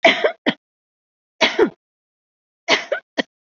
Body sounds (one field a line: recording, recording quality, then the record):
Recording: shallow voluntary cough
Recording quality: excellent, no background noise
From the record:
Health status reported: COVID-19 positive, mild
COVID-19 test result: positive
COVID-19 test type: RT-PCR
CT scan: not taken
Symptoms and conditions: cough, sore throat, fever, fatigue, hypertension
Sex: female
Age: 50 years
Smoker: no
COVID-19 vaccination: one dose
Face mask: worn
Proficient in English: no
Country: India